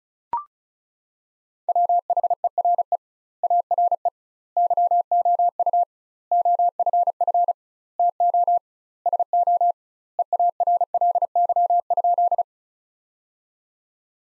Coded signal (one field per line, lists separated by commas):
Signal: Morse code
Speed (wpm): 34 wpm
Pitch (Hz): 700 Hz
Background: none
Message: WHERE ARE YOU OFF TO SO EARLY?